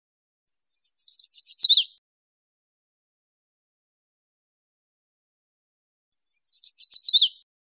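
Yellow warbler giving two clear songs several seconds apart, high slurred notes accelerating into a rapid tumbling ending that drops in pitch; no other sounds.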